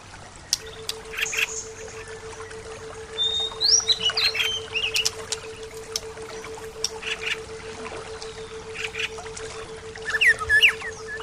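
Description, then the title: Bird chirps and short whistled slurs come in scattered bursts over a hissy background, with a steady low hum running almost the whole time. "SuaraBurung Kicau"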